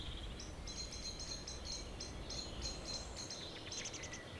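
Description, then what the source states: Birds giving a steady series of thin high chirps, then a quicker flurry of notes, over noticeable low rumbling noise. Village birds singing in the evening around 8 pm, humid weather, April 2019, Tregastel, Pleumeur-Bodou, France; recorded with MKH 8040 ORTF pair, Rycote windshield, Zoom H5.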